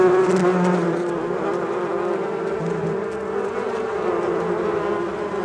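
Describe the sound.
Bee buzzing, many wings humming together in a steady layered drone, with lower tones swelling and fading now and then over the constant hum.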